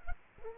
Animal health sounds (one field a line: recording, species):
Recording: mosquito wingbeat signal from an infrared sensor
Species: Culex quinquefasciatus